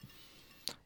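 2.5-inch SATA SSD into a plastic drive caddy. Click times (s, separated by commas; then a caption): 0.7 s. A 2.5-inch SATA SSD, a Samsung 860 Pro 1TB, is pushed into a plastic tool-less drive caddy with side clips. After a soft low thump at the start and a quiet stretch, a single sharp click rings out at 0.7 s. The drive is seated in the caddy.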